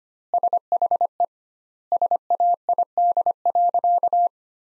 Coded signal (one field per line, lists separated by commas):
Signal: Morse code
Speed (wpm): 25 wpm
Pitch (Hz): 700 Hz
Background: none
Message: SHE SAID.